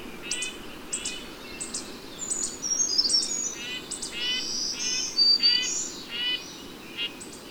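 Bird song with quick buzzy chirps repeated throughout, interleaved with high sliding whistles.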